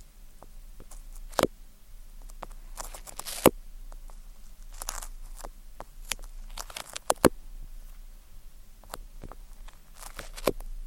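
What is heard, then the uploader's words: Ear cleaning with tweezers: small sticky clicks and crackles come irregularly throughout, with a few sharper snaps near 1.5, 3.5, 7 and 10.5 seconds. Short hissing bursts, like a spray bottle, rise around 3 and 5 seconds over a faint low hum. ASMR Tingly Tascam Triggers Ear Cleaning, Tweezers, Sticky Sounds, Spray Bottle (No Talking).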